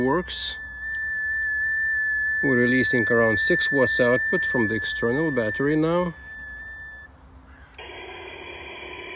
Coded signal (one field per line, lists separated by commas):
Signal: FT8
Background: speech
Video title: How to set-up FT8 mode in IC-705. Just press ONE button!